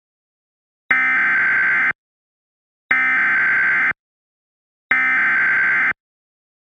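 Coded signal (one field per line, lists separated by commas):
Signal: Emergency Alert System (SAME) tones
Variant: header bursts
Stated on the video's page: Fictional EAS scenario about a tornadic phenomenon, not a real alert.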